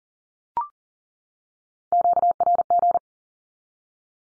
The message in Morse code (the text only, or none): QRG